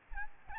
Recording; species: mosquito wingbeat signal from an infrared sensor; Aedes albopictus